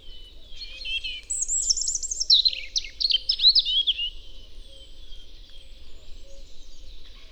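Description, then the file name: European robin song: a single tinkling phrase of very high, rapidly shifting whistles and trills, then fading into quiet background. "Erithacus rubecula"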